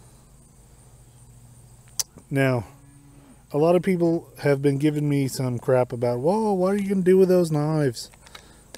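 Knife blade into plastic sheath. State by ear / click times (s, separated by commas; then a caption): not seated / none. A Glock fixed-blade field knife is handled beside its plastic sheath, which has a retention catch meant to lock it in place, while someone talks throughout. A sharp tap sounds at 2.0 s and faint ticks near the end, but the knife has not yet seated or clicked into the sheath.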